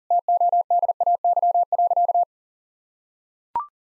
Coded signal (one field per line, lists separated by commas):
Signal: Morse code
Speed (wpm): 40 wpm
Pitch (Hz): 700 Hz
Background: none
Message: TODAY.